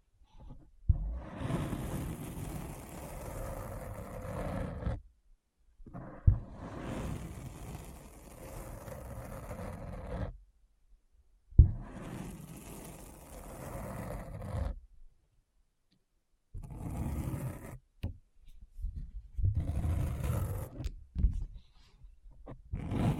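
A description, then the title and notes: Deep scratching in bursts of several seconds, dense and rough with a heavy low rumble, separated by short silences around 5, 10, and 15 seconds. ASMR Deep Brain Scratch (No Talking).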